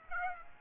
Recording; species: mosquito wingbeat signal from an infrared sensor; Aedes aegypti